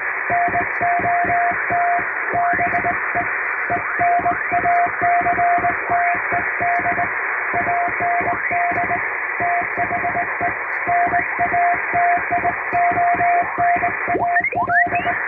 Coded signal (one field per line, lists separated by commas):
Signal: Morse code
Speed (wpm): 20 wpm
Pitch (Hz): 700 Hz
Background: music, radio noise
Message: NOT BE ENACTED AND THE NATIONAL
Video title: 【実演！通信士がモールス符号を打つ】欧文ＣＷを縦振り電鍵ＨＫ－８０８で叩いてみました。生身のモールス信号で受信練習をしてみませんか(training for radio operator)